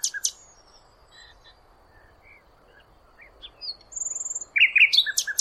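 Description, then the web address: Scattered soft bird notes, then near the end a high whistle and a lively burst of quick twittering notes, over steady background noise. "cianscape birddata Deverinetal 2025 File origin Bird Only Lu Me"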